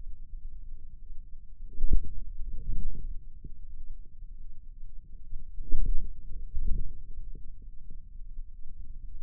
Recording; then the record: forearm muscle sounds (acoustic myography)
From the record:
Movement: inward rotation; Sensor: system 2, bracelet of six BSWA MPA416 microphones around the upper forearm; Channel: 1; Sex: male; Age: 22 years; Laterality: right